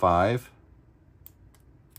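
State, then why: Released. Someone talks briefly at the start as a Brinks 164 aluminum padlock is picked with a short flat hook. After the last binding pin is set, sharp clicks sound at 1.3 s and 2.0 s as the shackle pops open and is released from the padlock body.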